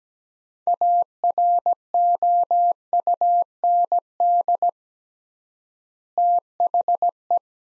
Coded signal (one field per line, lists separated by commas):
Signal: Morse code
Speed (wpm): 17 wpm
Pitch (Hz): 700 Hz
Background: none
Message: AROUND THE